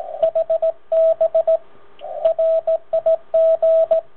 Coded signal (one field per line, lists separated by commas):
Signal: Morse code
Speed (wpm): 18 wpm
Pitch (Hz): 650 Hz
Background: radio noise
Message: HB RIG